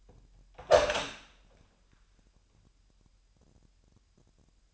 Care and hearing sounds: daily activity, microphone in the room; open door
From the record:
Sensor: 2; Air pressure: 998.2 hPa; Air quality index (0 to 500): 144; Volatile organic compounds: 4 ppm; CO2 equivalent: 1623 ppm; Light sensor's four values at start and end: 11/34/13/13 and 11/34/13/13

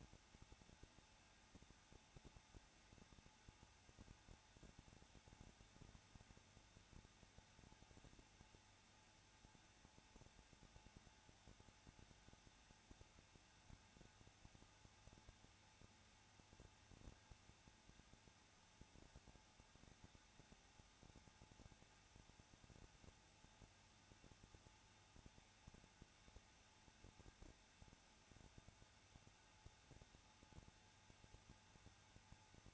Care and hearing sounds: daily activity, microphone in the room; no activity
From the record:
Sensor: 2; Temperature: 21.0 degrees Celsius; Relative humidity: 34.2%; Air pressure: 994.4 hPa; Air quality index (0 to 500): 171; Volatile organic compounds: 3 ppm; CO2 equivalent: 1328 ppm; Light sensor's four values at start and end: 2/3/2/2 and 2/3/2/2

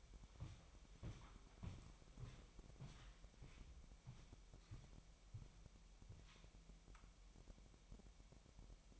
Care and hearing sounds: daily activity, microphone in the room; walk to room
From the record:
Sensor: 1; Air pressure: 1002.0 hPa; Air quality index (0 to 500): 247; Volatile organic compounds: 52 ppm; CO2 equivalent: 3318 ppm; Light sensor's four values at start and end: 8/19/7/8 and 8/19/8/9

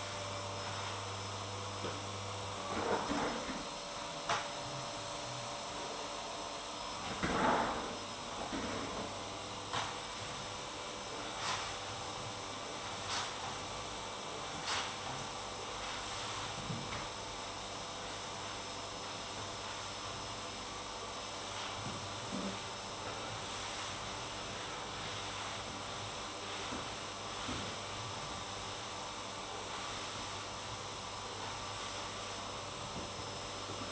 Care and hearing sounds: daily activity, microphone in the room; vacuum cleaning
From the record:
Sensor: 3

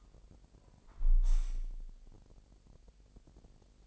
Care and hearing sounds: daily activity, microphone in the room; close window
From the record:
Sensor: 5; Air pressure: 1000.5 hPa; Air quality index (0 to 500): 249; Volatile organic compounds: 35 ppm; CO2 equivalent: 3067 ppm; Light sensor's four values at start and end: 33/77/31/29 and 33/77/31/29

